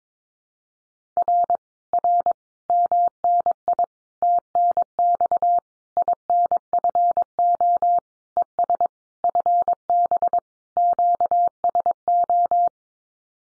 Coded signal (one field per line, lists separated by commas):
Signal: Morse code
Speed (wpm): 22 wpm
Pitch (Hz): 700 Hz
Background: none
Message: R R MNI TNX INFO ES FB QSO